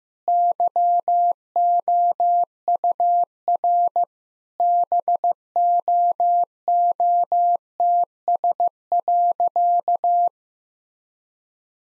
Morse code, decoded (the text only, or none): YOUR BOOTS.